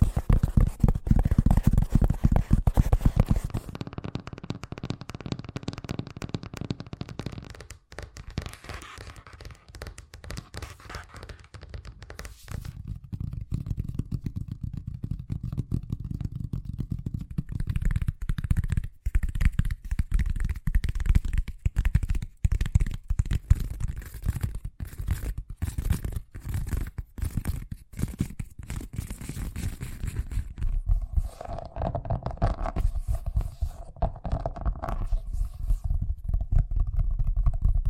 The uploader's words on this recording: ASMR Braingasm Inducing Fast Tapping (No Talking).